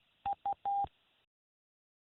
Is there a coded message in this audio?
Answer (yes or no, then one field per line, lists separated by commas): no